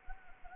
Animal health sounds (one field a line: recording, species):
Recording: mosquito wingbeat signal from an infrared sensor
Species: Anopheles arabiensis